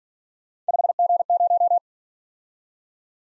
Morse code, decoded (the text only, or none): 5G0